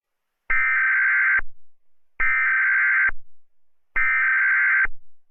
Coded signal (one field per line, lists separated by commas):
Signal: Emergency Alert System (SAME) tones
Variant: header bursts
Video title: EAS Scenario #49: Mickey Error 5: The Return Of Mickey Error: It All Ends My Friend!